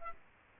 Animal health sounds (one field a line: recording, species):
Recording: mosquito wingbeat signal from an infrared sensor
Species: Aedes aegypti